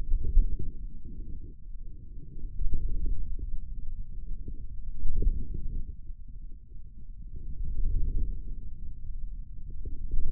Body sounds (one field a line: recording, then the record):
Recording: forearm muscle sounds (acoustic myography)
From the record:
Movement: wrist flexion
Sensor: system 2, bracelet of six BSWA MPA416 microphones around the upper forearm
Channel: 6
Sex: male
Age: 22 years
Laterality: right